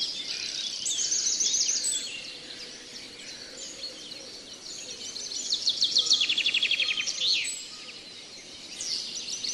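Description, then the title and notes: Long-tailed shrike song of sharp high notes and scratchy phrases, building to a quick rattling trill near six seconds, then softer chatter against steady hiss. Therapy and tutor audio for Long-tailed shrikes that have stopped singing. "Audio Terapi untuk Burung Cendet Macet. Masteran Burung Cendet"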